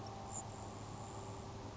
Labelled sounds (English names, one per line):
Grasshopper Sparrow